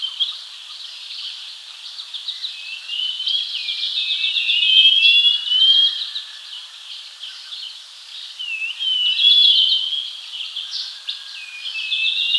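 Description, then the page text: Scaly-crowned babbler singing repeated bursts of rapid notes and sliding whistles throughout, with constant high-pitched insect droning in the background. "Scaly-Crowned Babbler Song Sound Effect. Quick Sounds"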